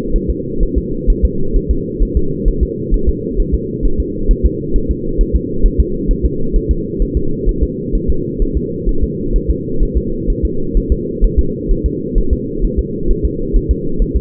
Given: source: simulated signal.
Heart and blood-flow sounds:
fetal heart sounds
0.16 s: S1
0.30 s: S2
0.63 s: S1
0.78 s: S2
1.10 s: S1
1.25 s: S2
1.56 s: S1
1.71 s: S2
2.03 s: S1
2.17 s: S2
2.48 s: S1
2.63 s: S2
2.94 s: S1
3.09 s: S2
3.40 s: S1
3.54 s: S2
3.85 s: S1
4.00 s: S2
4.31 s: S1
4.46 s: S2
4.76 s: S1
4.91 s: S2
5.21 s: S1
5.35 s: S2
5.66 s: S1
5.80 s: S2
6.11 s: S1
6.25 s: S2
6.56 s: S1
6.71 s: S2
7.02 s: S1
7.17 s: S2
7.49 s: S1
7.63 s: S2
7.95 s: S1
8.10 s: S2
8.42 s: S1
8.57 s: S2
8.89 s: S1
9.03 s: S2
9.36 s: S1
9.50 s: S2
9.83 s: S1
9.97 s: S2
10.30 s: S1
10.45 s: S2
10.77 s: S1
10.92 s: S2
11.24 s: S1
11.39 s: S2
11.71 s: S1
11.86 s: S2
12.18 s: S1
12.33 s: S2
12.65 s: S1
12.79 s: S2
13.11 s: S1
13.25 s: S2
13.56 s: S1
13.71 s: S2
14.02 s: S1
14.17 s: S2
From the record:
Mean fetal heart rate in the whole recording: 130 bpm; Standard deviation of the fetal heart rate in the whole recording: 2 bpm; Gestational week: 38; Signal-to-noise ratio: -8.1 dB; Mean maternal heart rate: 72 bpm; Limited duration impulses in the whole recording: absent

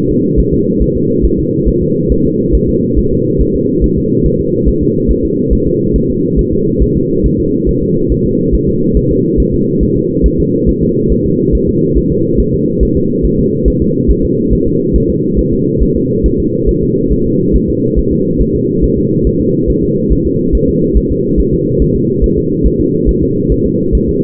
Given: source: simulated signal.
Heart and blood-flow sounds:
fetal heart sounds
0.11 s: S2
0.40 s: S1
0.54 s: S2
0.82 s: S1
0.97 s: S2
1.25 s: S1
1.39 s: S2
1.69 s: S1
1.83 s: S2
2.12 s: S1
2.26 s: S2
2.55 s: S1
2.69 s: S2
2.98 s: S1
3.13 s: S2
3.42 s: S1
3.56 s: S2
3.84 s: S1
3.98 s: S2
4.26 s: S1
4.40 s: S2
4.69 s: S1
4.83 s: S2
5.11 s: S1
5.25 s: S2
5.53 s: S1
5.67 s: S2
5.96 s: S1
6.10 s: S2
6.39 s: S1
6.53 s: S2
6.83 s: S1
6.97 s: S2
7.26 s: S1
7.40 s: S2
7.69 s: S1
7.83 s: S2
8.12 s: S1
8.26 s: S2
8.55 s: S1
8.69 s: S2
8.97 s: S1
9.11 s: S2
9.40 s: S1
9.54 s: S2
9.83 s: S1
9.97 s: S2
10.26 s: S1
10.40 s: S2
10.69 s: S1
10.83 s: S2
11.12 s: S1
11.26 s: S2
11.55 s: S1
11.69 s: S2
11.98 s: S1
12.12 s: S2
12.40 s: S1
12.54 s: S2
12.83 s: S1
12.97 s: S2
13.25 s: S1
13.39 s: S2
13.68 s: S1
13.82 s: S2
14.11 s: S1
14.25 s: S2
14.53 s: S1
14.67 s: S2
14.96 s: S1
15.10 s: S2
15.39 s: S1
15.53 s: S2
15.83 s: S1
15.97 s: S2
16.26 s: S1
16.40 s: S2
16.69 s: S1
16.83 s: S2
17.12 s: S1
17.27 s: S2
17.56 s: S1
17.70 s: S2
17.99 s: S1
18.13 s: S2
18.41 s: S1
18.56 s: S2
18.84 s: S1
18.98 s: S2
19.27 s: S1
19.41 s: S2
19.70 s: S1
19.84 s: S2
20.12 s: S1
20.27 s: S2
20.55 s: S1
20.69 s: S2
20.97 s: S1
21.11 s: S2
21.40 s: S1
21.54 s: S2
21.82 s: S1
21.96 s: S2
22.24 s: S1
22.38 s: S2
22.66 s: S1
22.81 s: S2
23.09 s: S1
23.23 s: S2
23.52 s: S1
23.66 s: S2
23.95 s: S1
24.09 s: S2
From the record:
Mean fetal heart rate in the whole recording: 140 bpm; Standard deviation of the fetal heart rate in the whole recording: 2 bpm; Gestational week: 34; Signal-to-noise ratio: -11.2 dB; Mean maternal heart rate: 72 bpm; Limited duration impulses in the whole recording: present

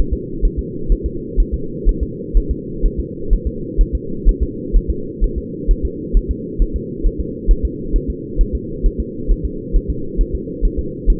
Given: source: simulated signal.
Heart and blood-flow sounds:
fetal heart sounds
0.13 s: S2
0.45 s: S1
0.59 s: S2
0.92 s: S1
1.06 s: S2
1.40 s: S1
1.54 s: S2
1.89 s: S1
2.03 s: S2
2.37 s: S1
2.51 s: S2
2.86 s: S1
3.00 s: S2
3.33 s: S1
3.47 s: S2
3.81 s: S1
3.95 s: S2
4.29 s: S1
4.43 s: S2
4.76 s: S1
4.90 s: S2
5.24 s: S1
5.38 s: S2
5.71 s: S1
5.85 s: S2
6.17 s: S1
6.31 s: S2
6.62 s: S1
6.76 s: S2
7.06 s: S1
7.20 s: S2
7.51 s: S1
7.65 s: S2
7.96 s: S1
8.10 s: S2
8.41 s: S1
8.55 s: S2
8.86 s: S1
9.00 s: S2
9.31 s: S1
9.45 s: S2
9.76 s: S1
9.90 s: S2
10.21 s: S1
10.35 s: S2
10.65 s: S1
10.79 s: S2
11.10 s: S1
From the record:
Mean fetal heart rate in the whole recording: 130 bpm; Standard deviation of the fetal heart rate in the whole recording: 4 bpm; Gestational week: 38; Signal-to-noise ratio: -4.3 dB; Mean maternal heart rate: 72 bpm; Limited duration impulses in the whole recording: absent

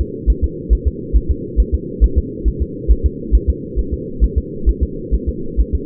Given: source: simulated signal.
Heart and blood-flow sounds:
fetal heart sounds
0.01 s: S2
0.30 s: S1
0.44 s: S2
0.73 s: S1
0.87 s: S2
1.16 s: S1
1.31 s: S2
1.60 s: S1
1.74 s: S2
2.04 s: S1
2.18 s: S2
2.48 s: S1
2.62 s: S2
2.91 s: S1
3.06 s: S2
3.35 s: S1
3.50 s: S2
3.79 s: S1
3.94 s: S2
4.24 s: S1
4.38 s: S2
4.69 s: S1
4.83 s: S2
5.14 s: S1
5.29 s: S2
5.60 s: S1
5.75 s: S2
From the record:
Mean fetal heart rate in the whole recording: 135 bpm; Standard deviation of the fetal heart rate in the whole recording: 3 bpm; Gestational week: 34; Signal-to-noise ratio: -4.3 dB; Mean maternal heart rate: 72 bpm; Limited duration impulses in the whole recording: absent

